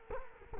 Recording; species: mosquito wingbeat signal from an infrared sensor; Culex quinquefasciatus